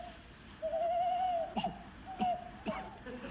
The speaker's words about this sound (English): What was that? An owl. With a cough? It's the pollution. They've all got bronchitis.